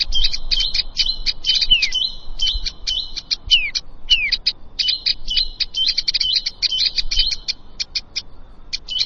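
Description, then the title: Prinia song: dense run of rapid buzzy chirps and falling slurred notes, continuing in quick repeated phrases over light background noise. "Ciblek Sawah"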